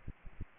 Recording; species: mosquito wingbeat signal from an infrared sensor; Aedes aegypti